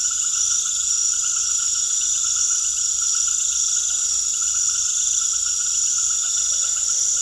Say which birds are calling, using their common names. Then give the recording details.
none. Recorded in secondary vegetation near Puerto Asís, Putumayo, Colombia, on 21 February 2024 at 19:30. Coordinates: 0.500, -76.326. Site G6428